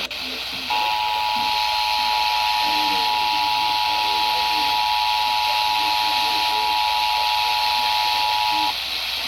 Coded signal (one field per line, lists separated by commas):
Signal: Emergency Alert System (SAME) tones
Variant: 853 and 960 Hz attention tone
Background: speech